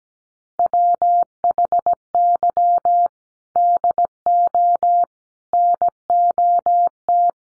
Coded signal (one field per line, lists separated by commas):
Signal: Morse code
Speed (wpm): 17 wpm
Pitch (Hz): 700 Hz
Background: none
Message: WHY DO NOT